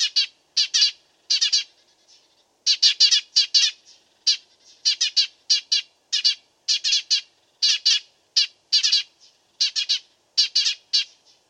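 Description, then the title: Dead Sea sparrow chirping steadily, with rapid runs of bright notes and occasional faint thin notes between the louder bursts. Masteran: made for training songbirds to copy its song. "burung gereja dead sea masteran"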